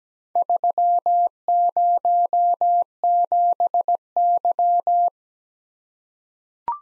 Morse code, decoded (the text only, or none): 307Y